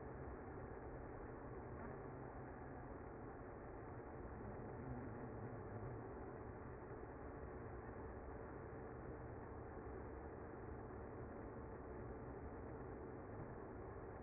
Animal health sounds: honeybee colony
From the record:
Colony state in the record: active

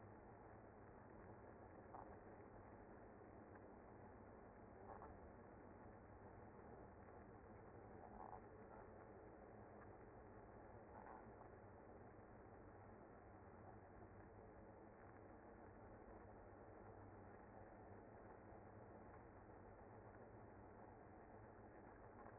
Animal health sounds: honeybee colony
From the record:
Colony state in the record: active

